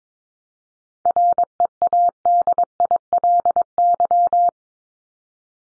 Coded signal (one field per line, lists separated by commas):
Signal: Morse code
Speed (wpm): 22 wpm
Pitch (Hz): 700 Hz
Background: none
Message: READILY